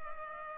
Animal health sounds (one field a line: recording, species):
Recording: mosquito wingbeat signal from an infrared sensor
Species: Culex pipiens